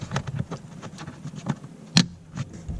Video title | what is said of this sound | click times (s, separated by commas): FORD made it HARDER to breathe EASIER. Focus ST/RS Cabin Filter Replacement - Raiti's Rides | them back into place to where you hear the clicks just | 2.0 s